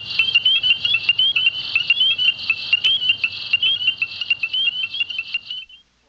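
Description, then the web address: Tree frog calling with many quick, high chirps and clicks tumbling over one another, ending abruptly with a sharp tap near the close. "frogs Family Hylidae"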